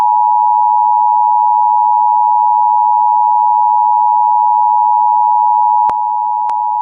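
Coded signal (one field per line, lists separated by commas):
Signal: Emergency Alert System (SAME) tones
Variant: 853 and 960 Hz attention tone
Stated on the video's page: Real EAS alerts recorded during a weekend of severe weather.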